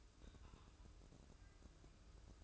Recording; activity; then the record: daily activity, microphone in the room; take from stove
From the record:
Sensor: 2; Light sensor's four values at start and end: 23/74/29/27 and 23/74/29/27